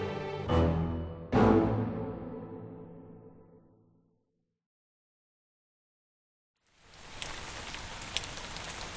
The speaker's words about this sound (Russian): Дождь мелко накрапывал.